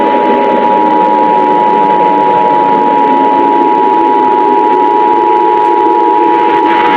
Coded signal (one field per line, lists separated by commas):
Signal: Emergency Alert System (SAME) tones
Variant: 853 and 960 Hz attention tone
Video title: UNITED STATES OF AMERICA EAS ASTEROID IMPACT(MAKE BY ÇÀPŤÀÌĤÀŔŸÀĶX) and is just a test/not real